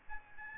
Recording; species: mosquito wingbeat signal from an infrared sensor; Aedes albopictus